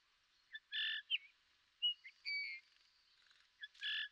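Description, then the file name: Eurasian bullfinch calls: several clear short whistles and fuller piping notes over a quiet background. "Pyrrhula pyrrhula"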